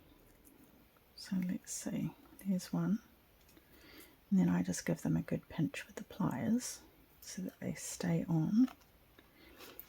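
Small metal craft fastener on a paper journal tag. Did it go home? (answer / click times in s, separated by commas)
yes / 9.8 s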